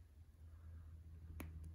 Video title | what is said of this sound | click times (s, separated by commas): 2020 Toyota RAV4 Hybrid XLE Daytime Running Light/Turn Signal mod Install/tutorial | goes you'll feel it kind of pop into place and then | 1.4 s